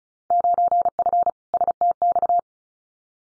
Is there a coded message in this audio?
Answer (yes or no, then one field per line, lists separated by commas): yes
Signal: Morse code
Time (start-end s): 0.3-2.4 s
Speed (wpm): 34 wpm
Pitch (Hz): 700 Hz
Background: none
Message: 9F STX